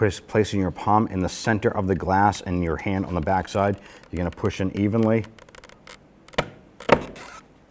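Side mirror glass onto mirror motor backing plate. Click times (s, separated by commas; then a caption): 6.9 s. Someone talks while mirror glass on a 2006-2012 Toyota RAV4 side mirror is pushed evenly onto the mirror motor backing plate, with a palm in the center of the glass and a hand on the back side. After a few faint taps, a sharp pop comes at 6.9 s as the glass snaps in. It seats on one side only, and the other side is still not connected.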